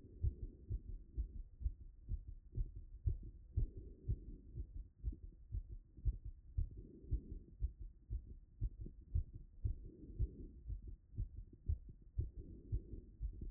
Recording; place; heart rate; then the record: heart sounds by stethoscope; Erb's point; 109 bpm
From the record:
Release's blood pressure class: hypertension stage 1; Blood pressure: 147/87 mmHg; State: after exercise